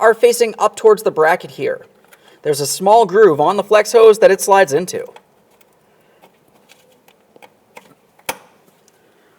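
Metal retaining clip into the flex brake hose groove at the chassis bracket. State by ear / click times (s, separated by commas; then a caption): seated / 8.3 s. Someone talks while a metal retaining clip, flat ears facing up towards the chassis bracket, is slid into the small groove on the flexible front brake hose of a 2015-2019 Subaru Outback. A few faint ticks follow, then one sharp, loud click at 8.3 s as the clip seats, confirming the hose is secured.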